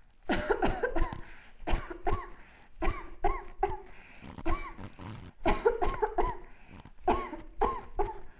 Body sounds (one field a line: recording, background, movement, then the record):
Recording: voluntary coughing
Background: quiet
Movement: sitting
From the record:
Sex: female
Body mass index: 18.8 kg/m2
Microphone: on the chest, facing outward